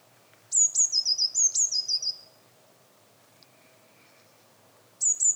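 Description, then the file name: Eurasian blue tit calls, very high and thin: sliding notes that break into rapid, slightly falling stutters for nearly two seconds, then a fresh burst starts at the close. "Cyanistes caeruleus"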